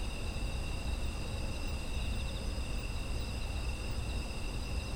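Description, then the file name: Insects chirring steadily in multiple high pitches, some with slight pulsing, above a low, unchanging rumble. Ambient chorus of autumn insects. "秋の虫の環境音"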